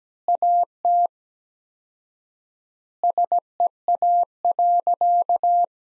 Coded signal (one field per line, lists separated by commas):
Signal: Morse code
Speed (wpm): 17 wpm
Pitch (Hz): 700 Hz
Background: none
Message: AT SEA.